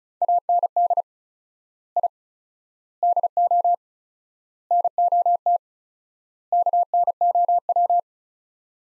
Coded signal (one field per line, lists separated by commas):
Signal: Morse code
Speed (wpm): 34 wpm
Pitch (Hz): 700 Hz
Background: none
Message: AND I DO NOT KNOW